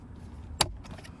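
On a Hyundai Tucson, the glove box damper arm latch is pulled down and snapped back onto the side of the glove box. It makes one sharp plastic click at 0.6 s, with faint lighter rattles after it. The latch seats and attaches.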